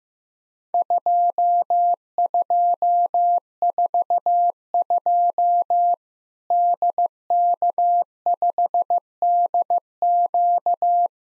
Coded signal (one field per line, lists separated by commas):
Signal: Morse code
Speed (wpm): 15 wpm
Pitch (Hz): 700 Hz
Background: none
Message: 2242 DK5DQ